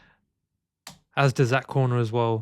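A corner of a Mous Limitless case snaps onto an iPhone 17 Pro with a short, sharp click at 0.9 s, and the corner is seated. Someone then talks.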